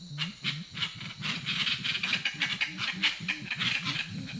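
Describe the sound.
Grey-winged trumpeter calls: dense, overlapping low hoots and humming notes pouring out quickly, with bright rattling clicks above.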